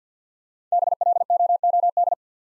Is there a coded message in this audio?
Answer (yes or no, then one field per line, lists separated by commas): yes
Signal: Morse code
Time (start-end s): 0.7-2.1 s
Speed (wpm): 48 wpm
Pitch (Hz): 700 Hz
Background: none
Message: BLOOD